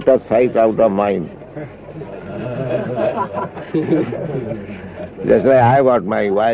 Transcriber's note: laughter